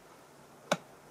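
A self-tapping screw is reinserted into a plastic mounting post in a project box and turned counterclockwise until it drops into the previously cut thread, so it can be screwed back in without cutting a new thread. A single short, sharp click sounds at 0.7 s against quiet background. The screw has seated in its existing thread.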